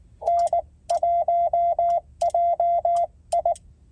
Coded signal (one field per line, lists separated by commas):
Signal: Morse code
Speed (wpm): 18 wpm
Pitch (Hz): 690 Hz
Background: none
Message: N1JI